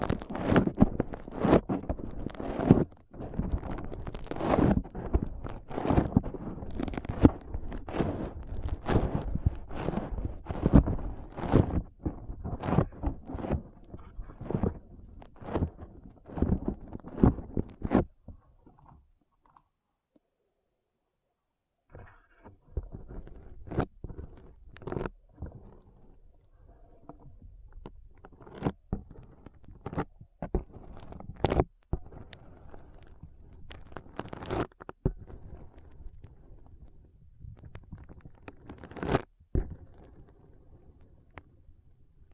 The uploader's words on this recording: ASMR Powerful Foam Brain Massage.